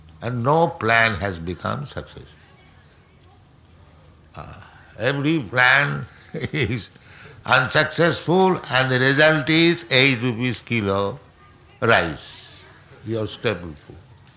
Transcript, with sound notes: and no plan has become successful. Every plan [chuckles] is unsuccessful, and the result is eight rupees' kilo rice, your staple food.